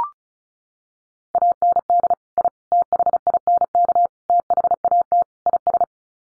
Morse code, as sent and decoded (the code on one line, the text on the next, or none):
.- -. -.. / .. / - .... .. -. -.- / - .... .- - / .. ...
AND I THINK THAT IS